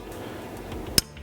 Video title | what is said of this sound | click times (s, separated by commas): Modifying Traps For Predators: Tricks of the Trade - The Management Advantage #81 | and you can hear it click in. | 1.0 s